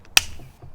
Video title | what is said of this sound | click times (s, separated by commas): How to adjust your TAYLORMADE M5 driver | just like that to let you know the sleeve is safely locked in place | 0.2 s